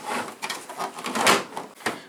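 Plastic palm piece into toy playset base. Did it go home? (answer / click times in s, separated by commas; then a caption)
no / none. A plastic palm-shaped piece of a toy playset is slotted onto its mount in the base and pushed in several times, giving a series of scraping, rubbing plastic contacts with sharper knocks at about 0.4 s and 1.9 s. The piece does not lock in, and nothing seats or clicks.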